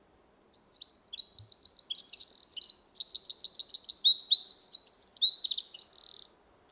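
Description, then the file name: Eurasian wren singing a long, high, energetic song packed with quick notes and rolling trills that ends sharply after nearly six seconds. "Troglodytes troglodytes"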